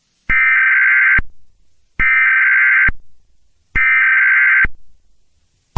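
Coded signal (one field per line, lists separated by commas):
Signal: Emergency Alert System (SAME) tones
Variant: header bursts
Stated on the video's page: Mock EAS scenario about a cyber attack, using an existing cartoon clip; simulated alert tones.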